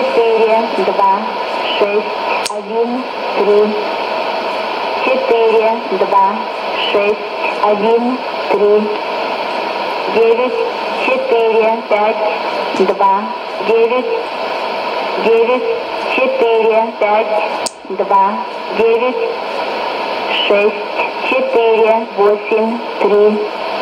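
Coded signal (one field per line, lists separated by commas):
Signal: numbers station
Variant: S06s, Russian female voice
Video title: 02 08 2017 Numbers station S06s Russian Lady in Russian to Eu 0834 on 11565 unknown tx site in CUSB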